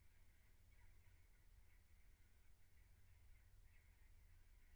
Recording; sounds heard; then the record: poultry house recording; no chicken sound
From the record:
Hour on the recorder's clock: 15